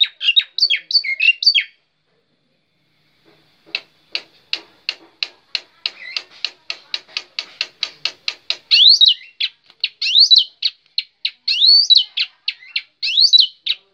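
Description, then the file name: Black-winged myna song: whistled phrases, a short silence, then a steady series of dry clicks building into loud, rising and falling whistles. Singing described as gacor. "suara jalak putih gacor"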